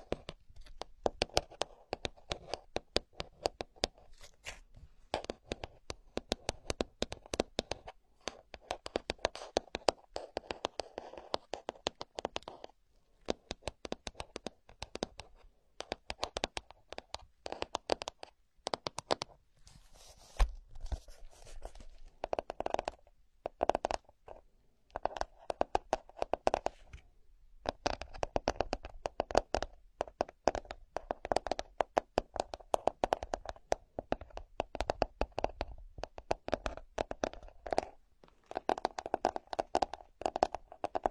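Ear scratching with no voice: dense, rapid crackling scrapes in irregular bursts throughout, with brief pauses around thirteen and twenty-seven seconds.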